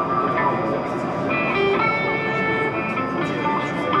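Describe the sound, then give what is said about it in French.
A recorded Paris tram stop announcement for Porte de Montreuil, voiced by Rodolphe Burger, plays over steady rumbling rail noise, with faint sustained tonal notes running through the background. “Donc, les annonces des annonces de ce tramway parisien qui ont été faites par Rodolphe Burger, du mythique groupe ….”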